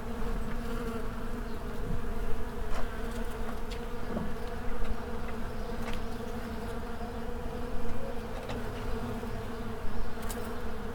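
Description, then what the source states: Massed insects give an unbroken droning buzz, low and layered, with occasional louder swells. A swarm.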